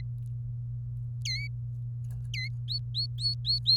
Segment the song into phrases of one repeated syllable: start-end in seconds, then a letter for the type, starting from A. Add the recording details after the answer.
1.25-1.47 A, 2.34-2.48 A, 2.68-3.77 B. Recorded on 24 April 2018 at 12:42. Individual llb3